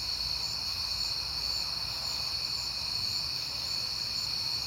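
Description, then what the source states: Crickets chirping in a steady, high-pitched continuous chorus, with a faint low rumble underneath. Crickets recorded on a peaceful night in September.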